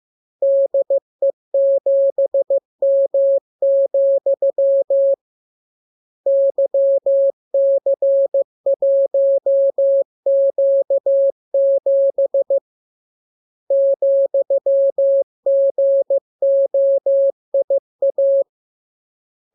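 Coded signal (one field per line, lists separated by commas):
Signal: Morse code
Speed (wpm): 15 wpm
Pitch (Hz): 550 Hz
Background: none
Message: DE7M, YC1Q7 ,GOIA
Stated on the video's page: Morse lesson drill of letters, numbers and punctuation as radiograms opening with VVV and = and ending with AR.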